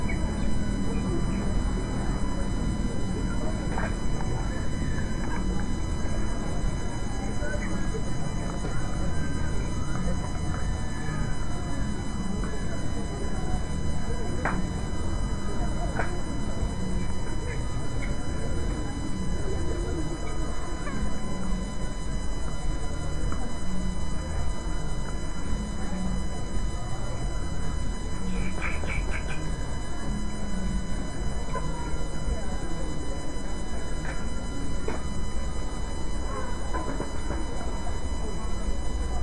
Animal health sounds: poultry house recording; healthy chickens

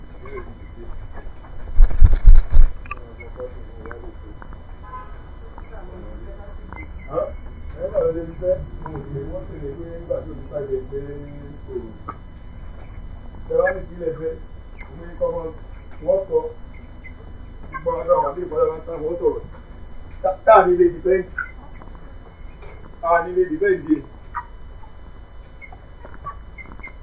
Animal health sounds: poultry house recording; background noise or bird activity such as feeding and pecking

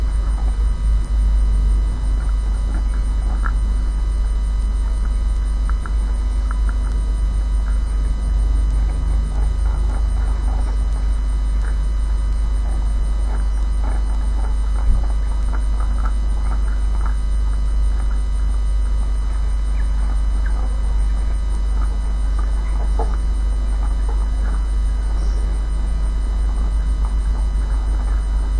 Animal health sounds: poultry house recording; sick chickens (respiratory disease)

